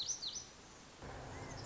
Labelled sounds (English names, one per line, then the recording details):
Lazuli Bunting
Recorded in Sonoma County, California